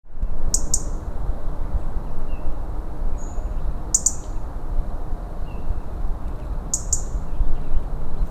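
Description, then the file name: European robin giving short, sharp, high-pitched call notes about every three seconds, with faint thin whistles between them over a steady low rumble. "Erithacus rubecula"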